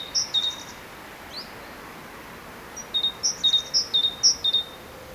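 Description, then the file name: Great tit song: high two-note phrases, a sharp upper note dropping to a lower one, one phrase early, then a run of several repeated quickly after a pause. "Parus major"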